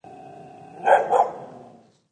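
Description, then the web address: Dog: a steady growling tone, then two loud, deep barks in quick succession, fading out. Big dog barking. "SFXSource. Big Dog Brk"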